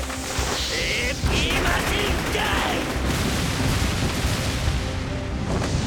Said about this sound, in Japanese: 花火でもしてんのか。